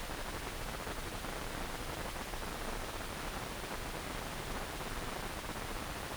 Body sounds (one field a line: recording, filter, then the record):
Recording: brain microelectrode recording played as sound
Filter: wide band, above 20 Hz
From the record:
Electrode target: subthalamic nucleus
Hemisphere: right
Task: reaching with the left hand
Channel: 1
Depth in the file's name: 1.506 mm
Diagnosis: Parkinson's disease